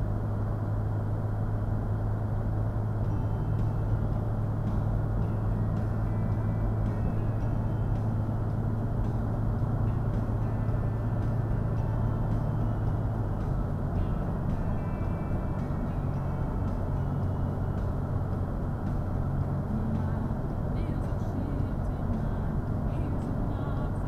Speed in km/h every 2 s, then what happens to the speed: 69, 74, 74, 77, 79, 82, 79, 82, 81, 79, 79, 79.
0-7 speeds up to 79. 7-24 steady at about 79.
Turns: none.